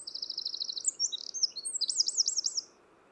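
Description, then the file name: Eurasian wren giving a fast, shrill burst of song with a buzzing trill and looping warbled notes, over a low steady background hiss. "Troglodytes troglodytes"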